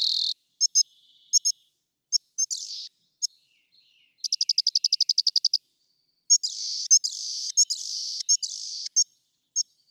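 Rock wren song: sharp high chips and short buzzy notes, a long even trill of repeated notes, then buzzy rasping notes separated by chips.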